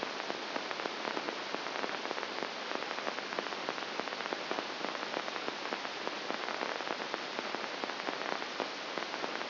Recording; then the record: brain microelectrode recording played as sound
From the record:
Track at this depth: inside the subthalamic nucleus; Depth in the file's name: 1.005 mm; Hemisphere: left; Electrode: 2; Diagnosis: Parkinson's disease